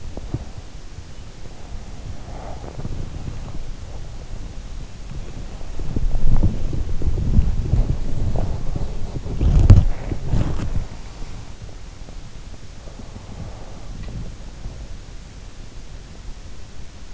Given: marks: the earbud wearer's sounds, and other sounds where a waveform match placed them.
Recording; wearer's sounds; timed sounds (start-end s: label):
sounds in sleep by an in-ear microphone; body movement, breath
0.00-17.14 s: body movement
2.30-2.85 s: breath
13.02-14.16 s: breath